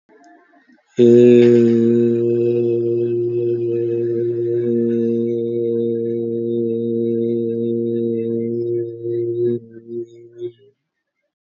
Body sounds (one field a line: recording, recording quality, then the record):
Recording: sustained vowel as in made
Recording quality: excellent, no background noise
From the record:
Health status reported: COVID-19 positive, mild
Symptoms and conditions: cough, cold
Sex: male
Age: 47 years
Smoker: not ticked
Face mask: worn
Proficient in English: yes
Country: India